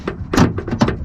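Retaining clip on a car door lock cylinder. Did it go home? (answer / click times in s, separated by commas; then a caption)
yes / 0.8 s. A metal retaining clip is pushed around a Solex door lock cylinder on an AE86 Levin car door. Three short clicks sound at about 0.1, 0.6 and 0.8 seconds, the last being the loudest. At 0.8 seconds the clip clicks home and is seated all the way in.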